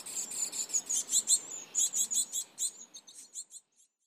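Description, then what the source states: Japanese tit giving a fast series of sharp, very high chirps, about three each second, that weaken and stop before the end. Kokubunji, 7 June 2015.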